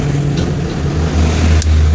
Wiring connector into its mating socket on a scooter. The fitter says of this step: harus sampai ngunci ya. Harus ada suara cetek.